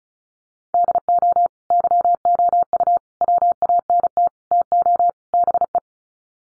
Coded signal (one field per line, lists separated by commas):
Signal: Morse code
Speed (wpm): 34 wpm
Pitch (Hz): 700 Hz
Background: none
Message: DO YOU WANT TO BE